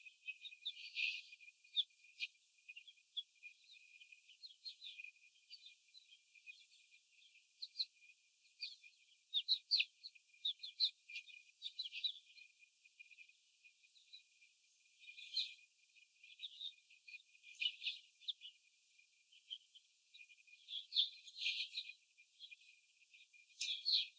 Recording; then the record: young laying hens in a cage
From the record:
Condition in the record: after the stressor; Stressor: simulated dog barking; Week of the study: 4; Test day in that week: 3